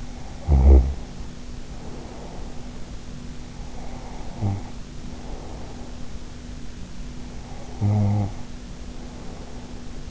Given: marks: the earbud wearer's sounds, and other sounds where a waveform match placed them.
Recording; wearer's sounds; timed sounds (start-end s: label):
sounds in sleep by an in-ear microphone; snoring breath
0.00-3.08 s: snoring breath
3.64-5.97 s: snoring breath
7.20-10.11 s: snoring breath